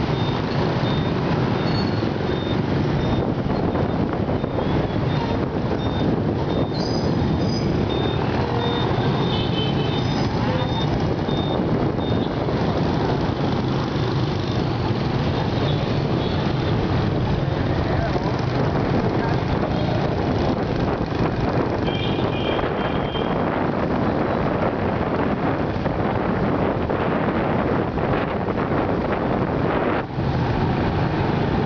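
A motorbike ride through Saigon traffic, a dense, steady roar of engines and road noise with a strong low rumble that never lets up. Short beeps and horn-like tones cut in now and then, especially around eight to eleven seconds and again near twenty-two seconds.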